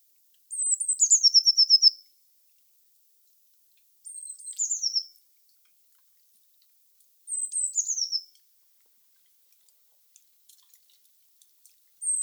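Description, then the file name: Eurasian blue tit repeating a short high phrase every few seconds, a thin note sliding down into a rapid trill. "Cyanistes caeruleus"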